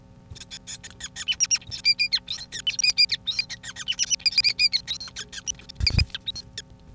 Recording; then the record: song of a male Bengalese finch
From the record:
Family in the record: son of father 5